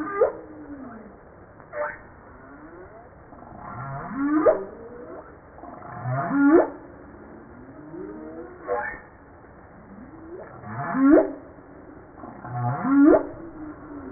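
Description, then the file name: Humpback whale song: a series of short upswept whoops, with softer sliding tones between them. Recorded on 5 March 1994. "Baleine a bosse 940305-1022"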